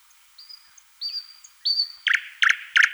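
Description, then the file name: Thrush nightingale song: three drawn-out high whistles, each a little louder, then loud, harsh clicking notes repeated about every third of a second. "solovey obyknovennyy golos"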